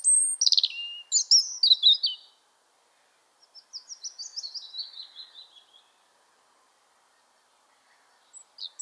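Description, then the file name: European robin song in two phrases, first sharp high notes and trills, then a softer descending run of quick notes, followed by silence and a brief fresh start. "Erithacus rubecula"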